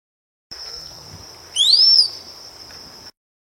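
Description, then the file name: Rose-collared piha giving a single strong whistle that rises and arches over, set against a constant high-pitched steady tone. "Canto do cricrio de cinta vermelha"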